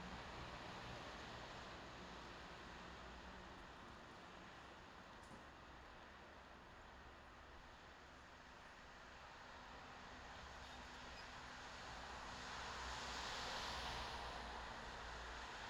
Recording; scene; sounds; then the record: everyday scene through a hearing-aid microphone; in traffic; traffic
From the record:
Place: bus stop on a city main road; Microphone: in the ear canal, left